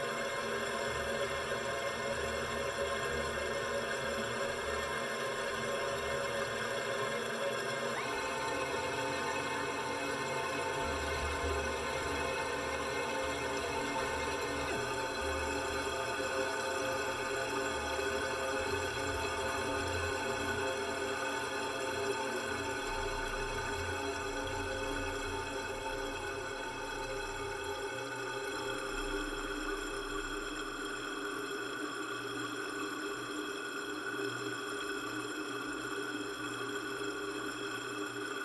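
Sound textures fill a space devoted to the worship of water: a dense, steady wash of layered sustained tones, like resonant ringing and humming that hangs in the air. Shifts in the low rumble come around 8, 15 and 30 seconds, while the overall loudness stays even.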